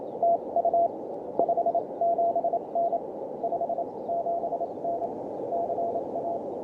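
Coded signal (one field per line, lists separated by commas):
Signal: Morse code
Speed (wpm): 28 wpm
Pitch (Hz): 680 Hz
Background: none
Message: TU 57N 57N CA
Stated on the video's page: Morse from an Elecraft KH-1 portable radio on the lower HF bands, using its stock whip with a homebrew loading coil.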